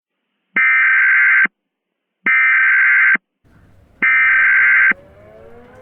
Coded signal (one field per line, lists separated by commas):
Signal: Emergency Alert System (SAME) tones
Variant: header bursts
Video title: Eas in Popular Culture: Infinite Tsukuyomi